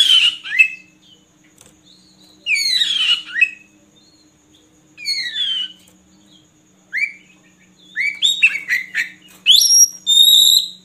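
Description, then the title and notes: Oriental magpie-robin song, scattered sweeping whistles and short chattering bursts with pauses, ending in a quicker run of high whistles. Long-duration song used to train kept birds to sing actively, day and night. "Kacer Jadi Gacor Siang Malam. Isian Kacer Durasi Panjang"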